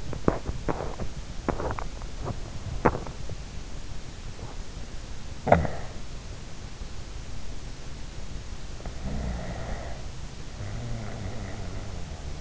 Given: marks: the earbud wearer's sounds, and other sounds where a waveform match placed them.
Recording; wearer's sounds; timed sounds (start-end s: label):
sounds in sleep by an in-ear microphone; teeth grinding, snoring breath
0.00-3.51 s: teeth grinding
5.28-5.90 s: snoring breath
8.82-12.41 s: snoring breath